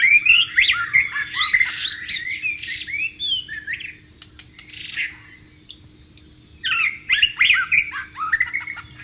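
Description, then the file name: White-rumped shama singing dense bursts of rich warbled and whistled notes, a quieter pause midway, then another rapid varied burst; low hum in the background. Wild bird. "suara burung murai batu di alam liar"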